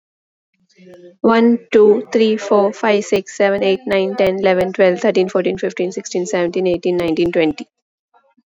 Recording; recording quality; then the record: counting at a fast pace; excellent, no background noise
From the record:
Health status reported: exposed to COVID-19, no respiratory illness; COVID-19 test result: negative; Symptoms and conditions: cough, asthma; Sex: female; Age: 33 years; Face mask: not worn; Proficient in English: yes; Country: India